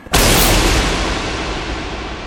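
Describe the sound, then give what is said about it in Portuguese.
A sudden, loud magical explosion from a wizard's shouted spell bursts in with a bright, full-spectrum blast, then rumbles and hisses as it slowly fades over a couple of seconds, with no voices. “E o feitiço proferido gera uma explosão que quase cega vocês.”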